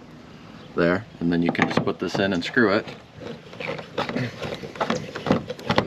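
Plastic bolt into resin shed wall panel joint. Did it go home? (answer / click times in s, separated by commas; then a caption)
no / none. Someone talks while handling a plastic bolt and a plastic bolt tool at a resin wall panel joint of a Suncast Modernist shed, with a brief sharp handling sound at about 5.8 s. The bolt is being lined up to be pushed and screwed in, but nothing has seated or clicked yet.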